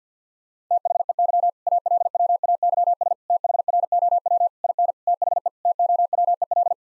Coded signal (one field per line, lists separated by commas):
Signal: Morse code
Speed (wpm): 50 wpm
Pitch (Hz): 700 Hz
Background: none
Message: THEY ALWAYS THROW IN THE TOWEL